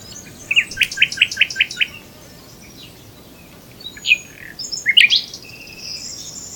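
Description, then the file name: Common nightingale song opening with a run of rapidly repeated rich notes, then a pause, a single sharp note and a jumbled flourish of high chirps. "Luscinia megarhynchos"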